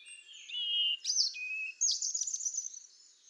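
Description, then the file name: European robin song, high thin warbled phrases with sliding whistles, then a sweet held note and a burst of quick twittering notes that fade out. "Erithacus rubecula"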